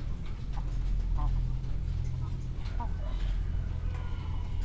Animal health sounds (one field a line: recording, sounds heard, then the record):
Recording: poultry house recording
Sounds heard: sick chickens (respiratory disease)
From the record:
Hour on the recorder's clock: 18